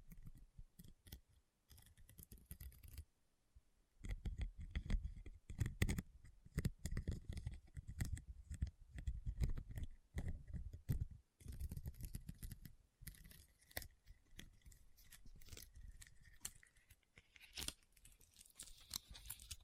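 Rhinestones being tapped and scratched in dense, irregular bursts of clicking and scraping, with brief gaps near 3, 11 and 13 seconds. Sharp, bright ticks stand out over a rough, low rustle, and the activity thins slightly after 13 seconds before picking up again.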